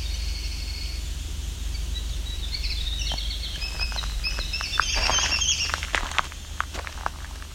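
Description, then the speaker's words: Winter Wren song: high, tinkling trilled phrases in overlapping bursts, with rustling and footstep-like crackles through the second half. Entrance of a nature preserve at Alvar Bay by Lake Huron, said to be full of winter wrens; an extra buggy day. "As you can hear, it's full of winter wren."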